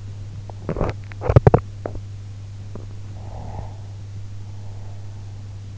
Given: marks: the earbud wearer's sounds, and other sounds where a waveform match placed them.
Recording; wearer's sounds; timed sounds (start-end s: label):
sounds in sleep by an in-ear microphone; teeth grinding, breath
0.42-1.99 s: teeth grinding
2.69-2.92 s: teeth grinding
3.17-5.35 s: breath